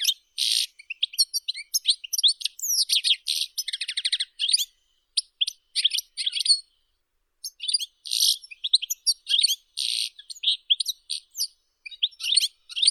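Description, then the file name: European goldfinch singing a long, rambling medley of quick twittering, tinkling notes and buzzy trills, with a short break midway before the jumbled chatter resumes. "Golosa ptic - CSHegol Carduelis carduelis"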